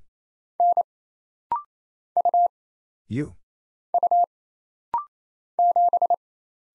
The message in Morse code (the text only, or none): N U U 7